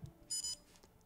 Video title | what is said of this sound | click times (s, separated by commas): Never Miss a Key Moment With the Garmin Dash Cam Mini 2 | just a little click there and now it is saying the memory card must be formatted first for | 0.8 s